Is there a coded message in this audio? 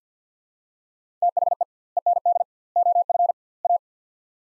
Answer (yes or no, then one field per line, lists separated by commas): yes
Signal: Morse code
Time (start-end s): 1.2-3.8 s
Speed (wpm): 50 wpm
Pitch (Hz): 700 Hz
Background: none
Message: THE END OF A